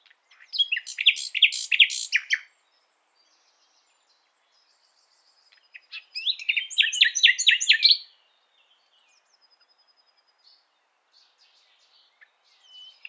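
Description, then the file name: Common nightingale song: two loud bursts of rapid, rattling repeated notes several seconds apart, with faint high whistles and chirps in the pauses. "Luscinia megarhynchos"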